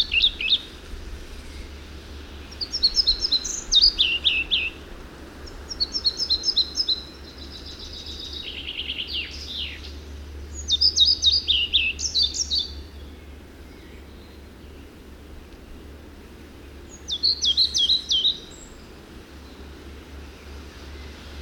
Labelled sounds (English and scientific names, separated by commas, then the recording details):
European Pied Flycatcher (Ficedula hypoleuca) song
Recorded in the wild
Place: Granitz, Insel Rügen, Mecklenburg-Vorpommern, DE
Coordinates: 54.385, 13.601
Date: 1971-05-30
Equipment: Nagra III BH, Sennheiser MD 21, parabola
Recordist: Schubert, Michael